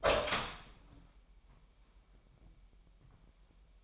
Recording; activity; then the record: daily activity, microphone in the room; open door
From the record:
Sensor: 1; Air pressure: 998.4 hPa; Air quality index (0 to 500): 127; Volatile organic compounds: 3 ppm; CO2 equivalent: 1517 ppm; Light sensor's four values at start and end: 18/57/23/24 and 18/58/23/24